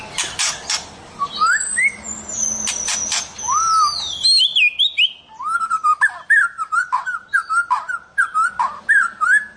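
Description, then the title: White-rumped shama song: opening slurred whistles over clicks and noise, then a clean rapid series of rolling, warbled whistled phrases. "Kicau Murai Batu"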